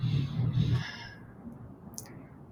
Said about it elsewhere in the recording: My dog is snoring really loudly in the background. I have a very large dog. When he snores, it sounds like a motor.